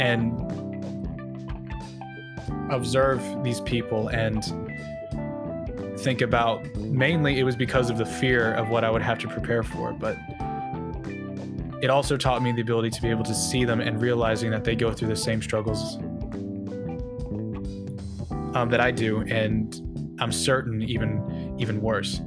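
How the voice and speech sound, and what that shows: An adult man who describes himself as a stutterer speaks over soft background music, with long pauses between phrases, stretched sounds and a repeated word, fitting mild stuttering.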